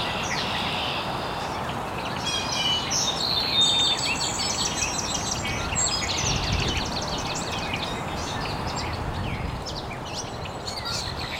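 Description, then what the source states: Bird chorus of rapid high chirps and buzzy trills, with a few clear whistles, set against continuous low rushing noise. Birds chirping very early in the morning in an estuary.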